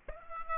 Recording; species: mosquito wingbeat signal from an infrared sensor; Aedes aegypti